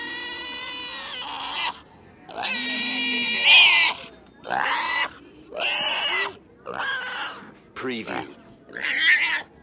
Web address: the sound pack tree. screaming pig